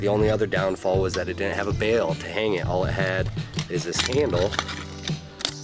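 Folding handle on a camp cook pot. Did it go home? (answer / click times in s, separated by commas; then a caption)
yes / 5.4 s. Someone talks while swinging the folding metal handle of a Stanley steel camp cook pot out until it locks. Two short metallic hits are heard, a lighter one at 5.1 s and a sharp click at 5.5 s as the handle locks into place.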